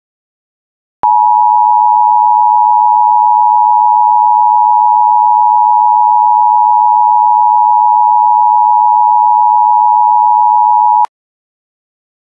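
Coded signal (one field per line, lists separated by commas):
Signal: Emergency Alert System (SAME) tones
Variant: 853 and 960 Hz attention tone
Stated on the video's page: Simulated EAS scenario for Halloween.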